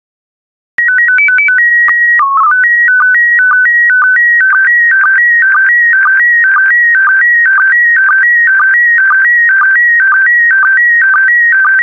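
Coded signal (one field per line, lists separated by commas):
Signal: SSTV (slow-scan television)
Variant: PD 120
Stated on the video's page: SSTV PD120 images for daily decoding practice, with images from Corel photo collection.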